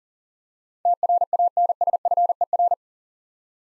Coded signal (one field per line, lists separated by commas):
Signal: Morse code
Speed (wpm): 40 wpm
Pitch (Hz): 700 Hz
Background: none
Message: TRANSFER